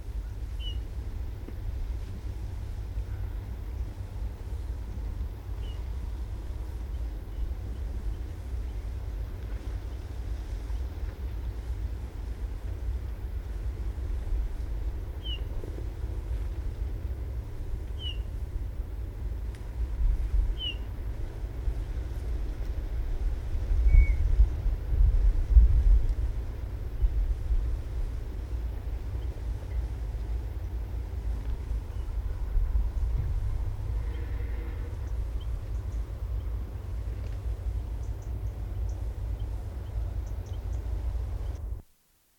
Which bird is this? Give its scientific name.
Pyrrhula pyrrhula